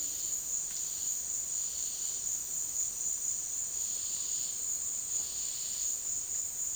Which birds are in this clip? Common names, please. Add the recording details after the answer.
none. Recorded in dense forest near Puerto Asís, Putumayo, Colombia, on 18 February 2024 at 15:30. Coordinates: 0.466, -76.327. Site G6413